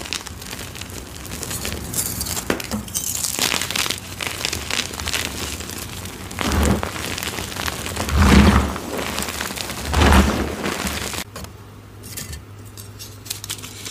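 Dyed gym chalk is crushed in dense crackling crunches, with heavier bursts near 7, 8.5 and 10 seconds, then quieter scraping at the end.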